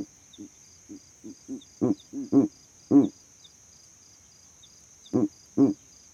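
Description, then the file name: Owl calls building from soft low hoots into louder ones, a pause, then a final pair of strong hoots, with a steady faint hiss throughout. Owl calls at night. "Elijah Wagner - Calming Owl Calls at Night"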